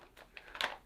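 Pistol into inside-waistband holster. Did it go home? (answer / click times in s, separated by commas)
no / none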